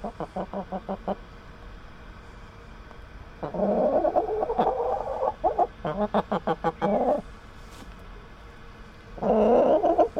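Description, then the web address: Chickens clucking in bursts of rapid repeated notes, with louder overlapping squawky calls from several birds in between and short quiet pauses. Caged chickens. "Tom Hutchings Chickens Caged"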